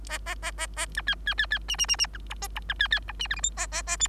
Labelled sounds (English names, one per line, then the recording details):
Bengalese Finch song
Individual Bird3